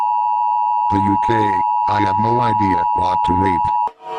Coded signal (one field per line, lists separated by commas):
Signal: Emergency Alert System (SAME) tones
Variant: 853 and 960 Hz attention tone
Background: speech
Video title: Rating EAS Alarms From Different Countries.